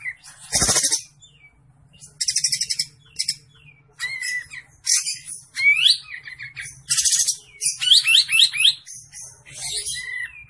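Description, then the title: Olive-winged bulbul song: a hectic medley of harsh buzzy bursts, rapid chattering rattles and quick rising whistled sweeps, with short pauses between phrases and a faint low hum beneath. Olive-winged bulbul singing vigorously (gacor); training recording (masteran) for cage birds. "Masteran Kapas Tembak Gacor"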